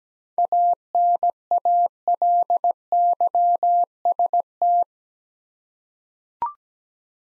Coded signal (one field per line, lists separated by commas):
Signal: Morse code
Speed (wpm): 17 wpm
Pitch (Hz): 700 Hz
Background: none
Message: ANALYST